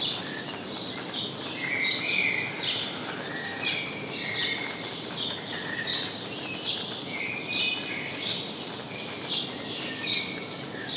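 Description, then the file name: House sparrow chirps, a dense chatter of quick falling notes and occasional longer tones, continuing over a noisy, hissing background. "Passer domesticus"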